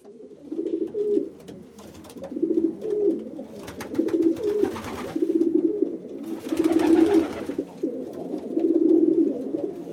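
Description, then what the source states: Pigeon cooing in low, throaty rolling phrases about every one to two seconds, with bursts of rustling noise over some of them. Cooing inside a loft.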